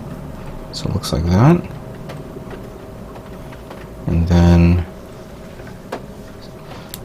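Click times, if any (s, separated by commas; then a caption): 6.9 s. A plastic torso part of a 1/100 model robot kit is pushed into its inner frame so its small notch goes in, and it snaps into place with a sharp click at 6.9 s. Someone talks briefly early on, and two louder tonal bursts sound around 1.0–1.6 s and 4.1–4.8 s before the snap.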